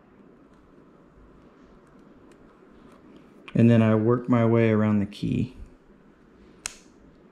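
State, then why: Released. Someone talks while a large keycap on an M1 MacBook Air keyboard is pried up, with a tweezer holding the metal stabilizer bar down as the key is worked around. A short, sharp click at 6.7 s marks the keycap coming loose and being released.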